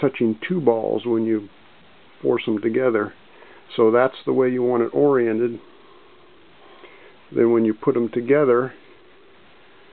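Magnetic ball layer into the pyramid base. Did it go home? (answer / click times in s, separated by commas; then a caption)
no / none. Someone talks while small Buckyballs (Nanodots) magnetic balls are pushed together, oriented so each ball touches two others, to form the second-level layer of a pentagon pyramid on its base. Nothing has seated or clicked into place yet.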